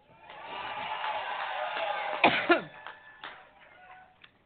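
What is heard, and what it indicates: Two short, sharp, dry coughs from a woman come in quick succession, about a quarter second apart, after a couple of seconds of steady crowd noise. Faint crowd sounds continue afterward. The coughs occur on the air during a public speech.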